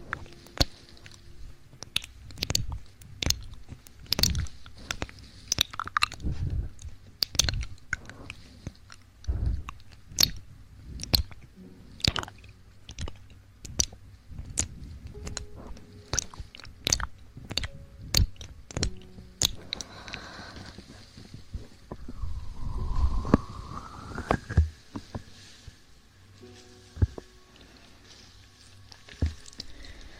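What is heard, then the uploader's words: Sugar is eaten with crisp, crackling crunches and bites that come quickly and irregularly for the first twenty seconds. After that the chewing gives way to softer, steady squishy rubbing, with a brief rising whine near the middle and occasional clicks. Eating sugar, aloe vera gel ear massage.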